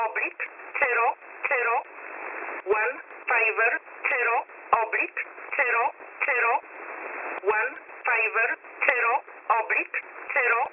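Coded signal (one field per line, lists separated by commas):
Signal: numbers station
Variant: E11 Oblique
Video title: E11 Oblique 25/10/2022 0845 UTC 13908kHz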